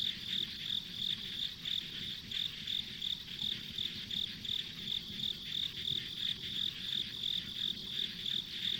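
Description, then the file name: Insects give repeated shrill chirps at a brisk, even pace, layered over a continuous high buzzing hiss. Ambient insect sound recorded on a country road. "田舎道の虫の環境音"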